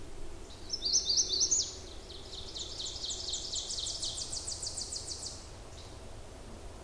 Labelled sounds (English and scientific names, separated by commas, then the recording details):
Ovenbird (Seiurus aurocapilla) song
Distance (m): 95 m
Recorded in boreal forest in Alberta, Canada, on 26 May 2016 at 07:18
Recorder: SongMeter 3, array SBT-3-15
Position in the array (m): 35 m, 236 m
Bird 20